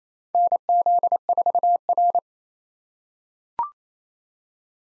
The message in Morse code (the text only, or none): NZ4R